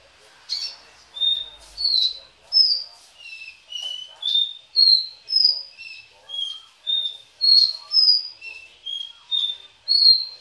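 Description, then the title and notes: Belgian canary song: a steady series of clear, high whistled notes at varying pitches, running continuously. "Canario Belga, nyonyastudio"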